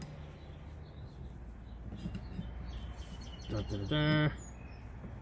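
On a 2021 Chevy TrailBlazer, a rear wiper blade is lined up with the rear wiper arm hook before being stuck in and pulled across. Over steady background noise there are faint brief ticks near 0.0 and 2.2 seconds, then someone talks, with a louder tonal voice from about 3.5 to 4.3 seconds. Nothing has seated or clicked yet.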